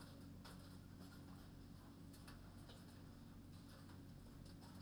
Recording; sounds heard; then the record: poultry house recording; no chicken sound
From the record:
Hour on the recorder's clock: 21